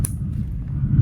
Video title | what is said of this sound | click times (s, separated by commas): Unboxing New Tools | nice click in and you see this little tab here. | 0.1 s